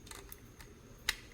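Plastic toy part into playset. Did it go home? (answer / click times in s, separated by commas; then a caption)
yes / 1.1 s. A forgotten plastic piece that had not yet been snapped in is pressed home into the Hasbro Transformers War For Cybertron Quintesson Pit of Judgement playset, a 2020 Pulsecon exclusive. Faint small ticks come at about 0.1, 0.3 and 0.6 seconds, then a sharp, bright click at 1.1 seconds as the part seats.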